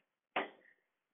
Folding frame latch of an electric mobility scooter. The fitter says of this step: and see the scooter glide and lock into place